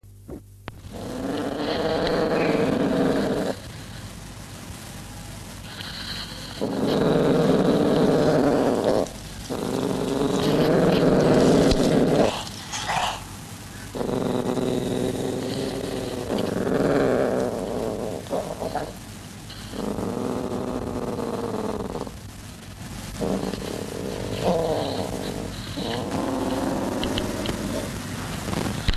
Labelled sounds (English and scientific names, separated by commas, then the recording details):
Eurasian Lynx (Lynx lynx) growling
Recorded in captivity
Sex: group
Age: juvenile
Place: Tierpark Berlin, Berlin, DE
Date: 1963-07-30
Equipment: Englisches Reportergerät, Kopie BG 26/1
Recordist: Altmann, Dagmar
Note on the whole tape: Jungtiere (10 Wochen alt): Knurren (Abwehr). Datumsangabe: Ende Juli 1963